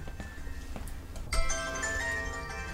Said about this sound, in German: Mobiltelefon wird nicht zum letzten Mal läuten. Mal ist es ein langgezogenes Zischen. Kundschaft. Bei privaten Anrufen piepst es rhythmisch.